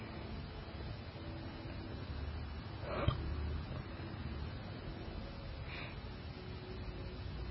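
Four short, sharp gulping bursts about three seconds apart over a quiet background: a run of repeated hiccups from an adult.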